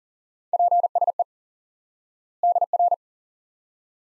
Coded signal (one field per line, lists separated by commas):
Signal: Morse code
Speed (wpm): 40 wpm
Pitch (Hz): 700 Hz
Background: none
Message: PSE DR